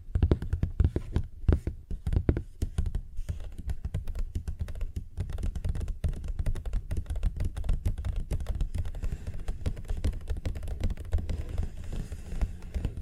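Fingers tap and scratch on a paper bag in quick, uneven bursts of dry clicks and crinkly rustles. Sharp separate taps stand out in the first few seconds, then the sound thickens into a dense, steady scratching with a low thudding underneath.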